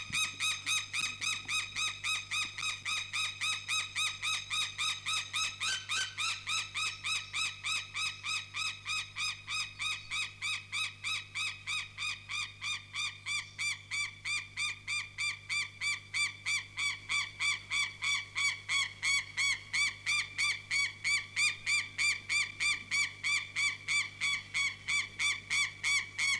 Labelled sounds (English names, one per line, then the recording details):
White-tailed Eagle call
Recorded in captivity
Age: adult
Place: Tierpark Berlin, Berlin, DE
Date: 2006-09-14 17:45
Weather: sonnig, 25°C
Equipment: Grundig CR 110, Sennheiser ME 80, Kopie Uher 4000 Report Monitor
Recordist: Tembrock, Günter